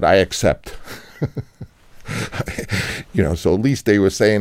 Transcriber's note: laughter